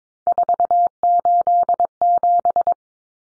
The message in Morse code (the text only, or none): 487